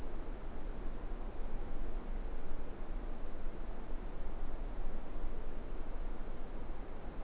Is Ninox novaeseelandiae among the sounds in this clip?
no